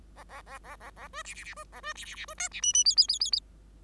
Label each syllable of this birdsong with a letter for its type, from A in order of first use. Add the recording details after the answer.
A A A A A A B C C C B A B C C C B D C E E F F F F F. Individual Bird5